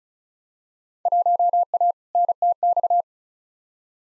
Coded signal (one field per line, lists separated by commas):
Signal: Morse code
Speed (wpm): 36 wpm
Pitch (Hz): 700 Hz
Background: none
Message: 1A NTX